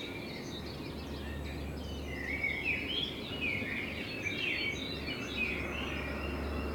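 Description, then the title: Common blackbird song, soft warbled phrases over a steady low hum and broad background noise. Blackbird in front of the recordist's window; binaural recording made with a self-built dummy head, meant for headphone listening. "Kunstkopfaufnahme der Amsel vor meinem Fenster"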